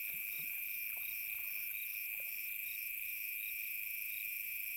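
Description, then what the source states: Cricket song: rapid repeated high chirps above a steady shrill hum, with a few faint low knocks early on. Summer night.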